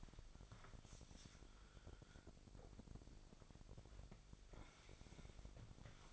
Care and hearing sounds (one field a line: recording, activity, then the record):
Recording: daily activity, microphone in the room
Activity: wipe stove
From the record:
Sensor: 5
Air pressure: 1001.8 hPa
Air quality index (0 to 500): 176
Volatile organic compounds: 10 ppm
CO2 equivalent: 2260 ppm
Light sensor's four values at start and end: 23/80/30/31 and 23/81/30/31